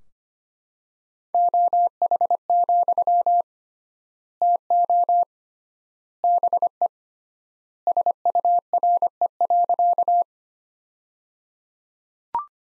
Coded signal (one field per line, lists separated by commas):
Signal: Morse code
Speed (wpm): 25 wpm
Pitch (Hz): 700 Hz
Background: none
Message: OH, TO BE SURE.